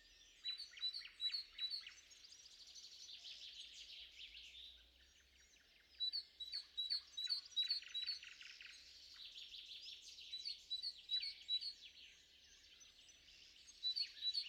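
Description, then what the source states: Several birds singing together: high rapid twittering trills and short repeated whistled notes, overlapping continuously, with brief pauses between phrases. Three birds in the morning.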